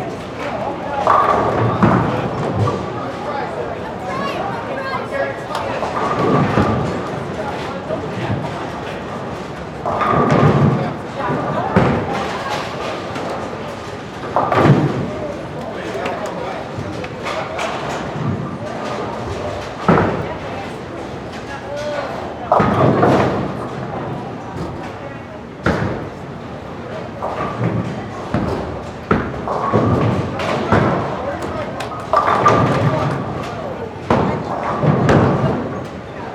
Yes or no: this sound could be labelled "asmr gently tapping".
no